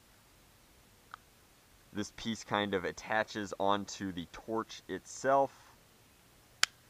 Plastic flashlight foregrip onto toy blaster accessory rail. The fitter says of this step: Let's go ahead and snap it on.